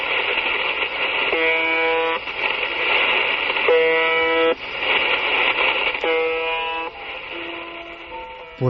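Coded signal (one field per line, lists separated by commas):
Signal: channel marker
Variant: UVB-76 (The Buzzer)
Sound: four harsh, low buzzes, each under a second, repeating about every 2.4 seconds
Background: radio static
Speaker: Pues podría ser el claxon de un camión, la sirena de un barco, pero no, se llamaba UVB-76.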